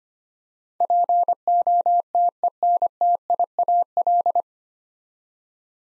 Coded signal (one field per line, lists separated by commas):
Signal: Morse code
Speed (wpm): 25 wpm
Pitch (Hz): 700 Hz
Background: none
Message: POTENTIAL